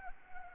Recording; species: mosquito wingbeat signal from an infrared sensor; Anopheles arabiensis